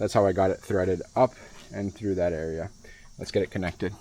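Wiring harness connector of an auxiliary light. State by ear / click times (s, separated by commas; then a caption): not seated / none. Someone talks while handling the plastic wiring harness connector of an auxiliary LED tail light on a Jeep Gladiator, after the wire has been threaded up and through. Faint background hiss sits under the speech. Nothing has seated or clicked yet.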